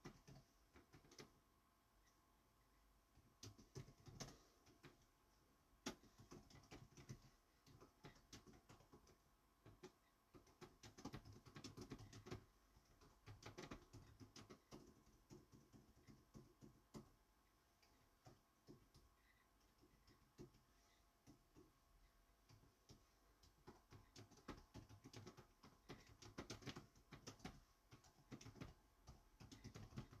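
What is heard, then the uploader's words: Someone types on a computer keyboard, producing quick, irregular bursts of sharp clicks. The typing comes in clusters with short pauses, busiest around the middle and again near the end, over a faint steady hum. ASMR Writing on keyboard. Just a session of me writing something on my computor.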